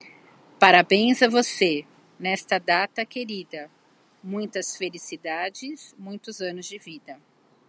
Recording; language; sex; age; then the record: short text; Brazilian Portuguese; female; 50 to 59 years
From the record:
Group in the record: control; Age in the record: 54 years